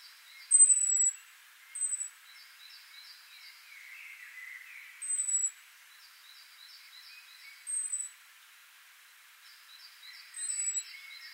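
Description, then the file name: Great tit calling with sharp, high, thin notes at irregular intervals, interleaved with quick rhythmic series of lower notes. "Parus major"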